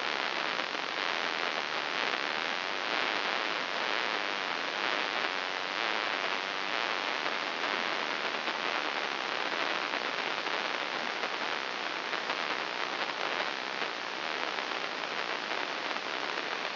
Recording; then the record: brain microelectrode recording played as sound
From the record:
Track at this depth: inside the subthalamic nucleus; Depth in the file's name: 0.601 mm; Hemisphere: left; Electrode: 3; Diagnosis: Parkinson's disease